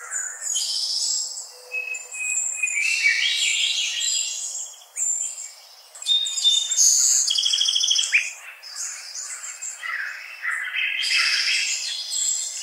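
Bird song, a lively stream of high twittering and trilled phrases with whistled notes, nearly continuous with short pauses.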